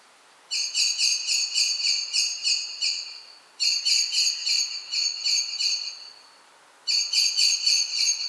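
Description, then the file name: Common blackbird giving three strings of rapid, sharp, high notes separated by short gaps, the last cut off at the end. "Turdus merula"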